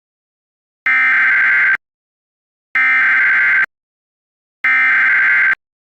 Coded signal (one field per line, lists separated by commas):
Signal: Emergency Alert System (SAME) tones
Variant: header bursts